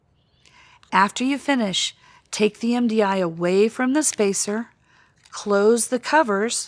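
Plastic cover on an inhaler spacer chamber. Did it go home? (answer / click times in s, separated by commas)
no / none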